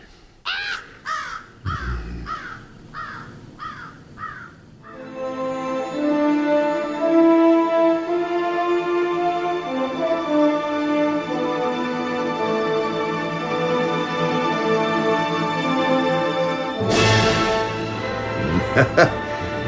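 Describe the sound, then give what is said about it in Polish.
Ravens at a burned-out site caw in a quick series of harsh, rasping calls, about eight in a row, before giving way to a steady, sustained harmonic tone that carries to the end. “Tylko kruki dołoga żywot.”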